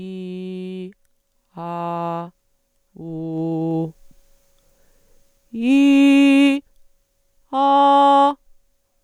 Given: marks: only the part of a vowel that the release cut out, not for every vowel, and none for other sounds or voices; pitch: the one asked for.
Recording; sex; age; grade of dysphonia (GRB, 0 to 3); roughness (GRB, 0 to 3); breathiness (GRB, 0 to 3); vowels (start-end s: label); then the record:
sustained vowels; female; 30 to 39 years; 0; 0; 0
0.00-0.82 s: vowel /i/, normal pitch
1.64-2.20 s: vowel /a/, normal pitch
3.25-3.82 s: vowel /u/, normal pitch
5.74-6.45 s: vowel /i/, high pitch
7.62-8.25 s: vowel /a/, high pitch
From the record:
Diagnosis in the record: healthy voice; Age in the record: 30 years